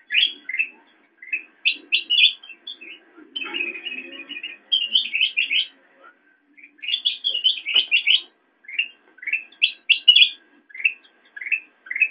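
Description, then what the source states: Sooty-headed bulbul calls: short bright rising chirps in quick bursts, some warbled runs, broken by brief pauses, with a faint low rustle midway. Intended for training songbirds (masteran).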